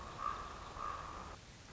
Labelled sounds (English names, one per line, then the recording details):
Common Raven
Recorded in Sonoma County, California